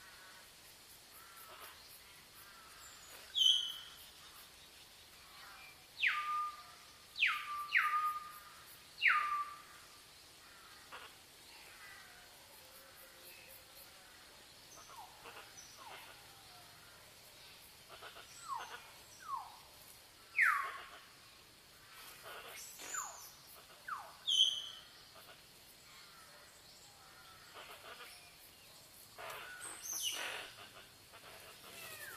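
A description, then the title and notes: A forest scene filled with scattered bird calls: sharp chirps and short whistled phrases come every few seconds, loudest around the 3, 7–9, 20 and 24 second marks. Beneath them runs a steady high insect hiss, with a faint low rumble. Sound in the forest.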